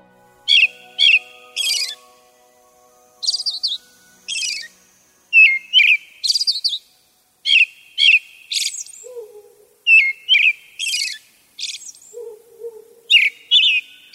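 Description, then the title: Brown-headed thrush singing: many short, high phrases of clear and rapid notes separated by brief pauses, with faint low tones underneath. Recorded at Mount Tennyo, Yamanashi Prefecture, Japan. "天女山（山梨県）のアカハラ"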